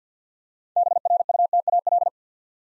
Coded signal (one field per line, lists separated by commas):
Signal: Morse code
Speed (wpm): 50 wpm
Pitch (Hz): 700 Hz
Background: none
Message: BRUTAL